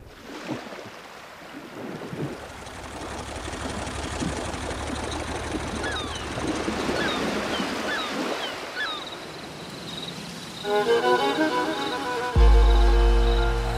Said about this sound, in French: En Turquie, eh bien, la journée se termine à Kilios. C'est au bord de la mer Noire. Et là, nous allons admirer ce merveilleux coucher de soleil, le sable fin, les vagues,